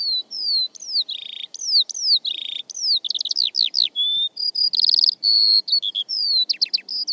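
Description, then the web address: Bird song, a fast continuous stream of high whistled slurs, downward sweeps and short buzzy notes with barely a pause between phrases. "Deverinetal"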